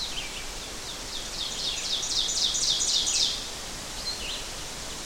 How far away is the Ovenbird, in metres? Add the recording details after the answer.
about 20 m. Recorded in boreal forest in Alberta, Canada, on 12 June 2016 at 06:54. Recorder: SongMeter 3, array SBT-3-18. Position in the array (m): 245 m, 95 m. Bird 31